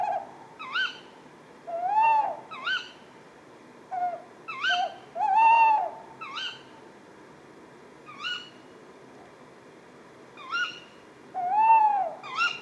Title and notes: Une chouette nuit. 20 février 2020-4h30-Etang de Beaumont - Drôme. ECOUTEZ NATURE. un couple de Chouette hulotte (Strix aluco)